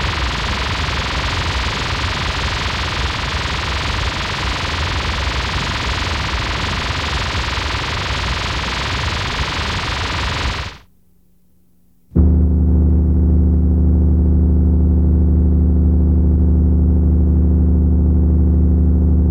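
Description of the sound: A steady, even hiss lasts about eleven seconds, then a brief silence, then a constant low buzzing hum. These are synthesized simulations of tinnitus-like sounds, representing the continuous hissing or humming phantom sounds that people with tinnitus hear in their heads.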